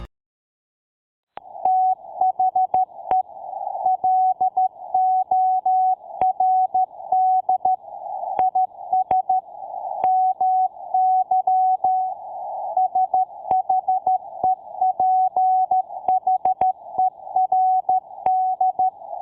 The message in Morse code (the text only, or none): THE LORD IS MY SHEPHERD